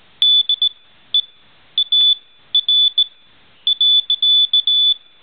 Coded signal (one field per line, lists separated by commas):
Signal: Morse code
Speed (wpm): 17 wpm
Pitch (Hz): 3500 Hz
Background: none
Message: DEAR.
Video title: morsecode.AVI